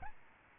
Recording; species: mosquito wingbeat signal from an infrared sensor; Aedes albopictus